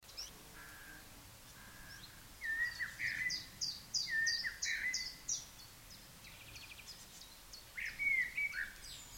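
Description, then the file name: Common blackbird song: several short fluty warbles mixed with high, squeaky chipping notes, separated by quiet gaps. "Turdus merula"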